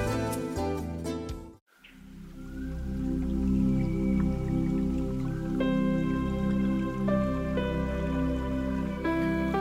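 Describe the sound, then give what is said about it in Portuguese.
Water drips and plinks over a sustained, soft ambient tonal bed. A brief burst of dripping opens, then a low humming drone continues with bright, ringing tones entering later. “O Toque da Água. Sensações que purificam.”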